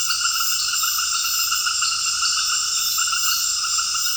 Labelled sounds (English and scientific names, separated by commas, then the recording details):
none
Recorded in secondary vegetation near Puerto Asís, Putumayo, Colombia, on 18 February 2024 at 19:00
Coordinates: 0.481, -76.323
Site G6376